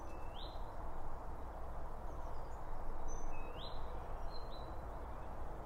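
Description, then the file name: Bird chirping: two quick upward-sweeping notes a few seconds apart, each with a faint high tick, against constant low-pitched background noise. Birds around a bird feeder, recorded with two Line Audio OM1 microphones. "Birds Around Birdfeeding With Two Om 1 From Line Audio"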